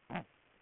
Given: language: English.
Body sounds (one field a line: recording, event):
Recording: throat vibration sensor signal played as sound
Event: throat clearing